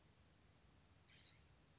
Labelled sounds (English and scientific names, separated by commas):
California Scrub-Jay (Aphelocoma californica)